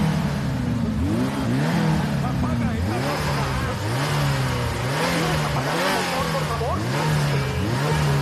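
car engine revving

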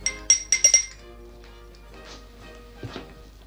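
clinking glasses

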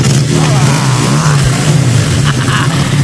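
car engine revving

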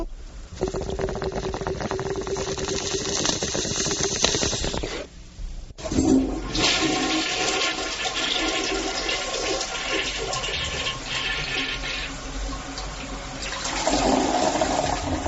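toilet flush

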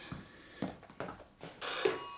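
telephone ringing

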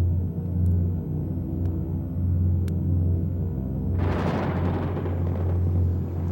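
rolling thunder

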